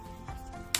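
A snap fastener on a motorcycle helmet liner is pressed closed over the cable of a G1-V4.1 Bluetooth motorcycle headset after the cable has been tucked away inside the helmet. A soft bump around 0.3 s is followed by a sharp, short snap at 0.7 s as the fastener clicks shut, holding the cable in place.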